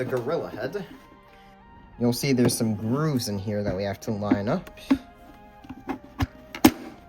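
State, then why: Seated. Someone talks over background music while lining up a plastic pop-up mechanism with the grooves in a Spirit Halloween 2025 animatronic gorilla head and pushing it in. A few small knocks come first, then a sharp, loud click at 6.7 s as the mechanism seats in the head.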